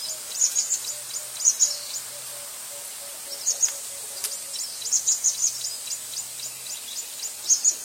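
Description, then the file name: Anna's hummingbird song: short, thin, high squeaky notes in small clusters, broken by pauses, with a faint intermittent hum beneath. "canto do beija flor de anna"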